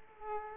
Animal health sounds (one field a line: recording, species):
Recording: mosquito wingbeat signal from an infrared sensor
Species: Aedes aegypti